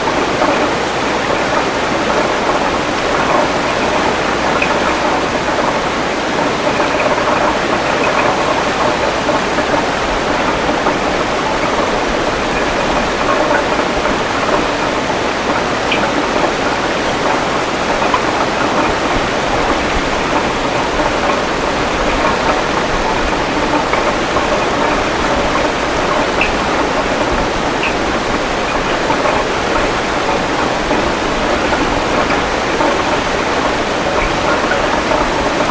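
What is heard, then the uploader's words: The Spokane River rushes past in a dense, unbroken wash of water sound that stays level for the whole stretch. The roar is full and hissy, strongest in the middle and upper range, with a low steady hum underneath and occasional faint bright splashes. Spokane River white noise. Recordings of the Spokane River made from this footbridge by Dan Bodah in August 2003.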